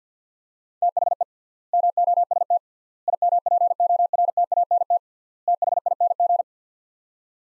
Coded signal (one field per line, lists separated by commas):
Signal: Morse code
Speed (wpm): 50 wpm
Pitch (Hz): 700 Hz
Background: none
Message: THE MOST IMPORTANT THING